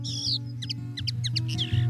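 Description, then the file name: Common linnet twittering: a brief run of sharp, high chirps and downslurred notes, with a constant low hum underneath. "pardillo"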